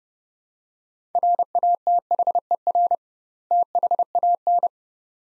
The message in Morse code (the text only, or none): RATHER THAN